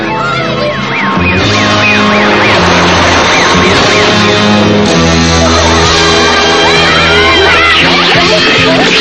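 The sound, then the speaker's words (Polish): A police siren wails, its pitch sweeping up and down in quick repeated cycles over a loud, dense backdrop of low sustained tones that carries on steadily throughout. “Szybko, pośpieszcie się. Policja!”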